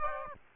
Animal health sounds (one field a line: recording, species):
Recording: mosquito wingbeat signal from an infrared sensor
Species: Aedes aegypti